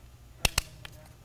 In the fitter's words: Heard that? Snap! Right back in place.